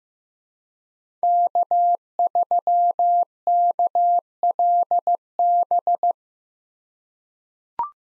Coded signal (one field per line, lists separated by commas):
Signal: Morse code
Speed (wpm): 15 wpm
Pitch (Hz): 700 Hz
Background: none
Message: K3KLB